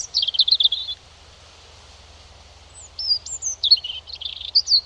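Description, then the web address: European robin song, a quick high twittering phrase followed after a pause by sliding thin whistles and warbles, low hum beneath. "Deverinetal 2025 File origin Bird Only Er Ru"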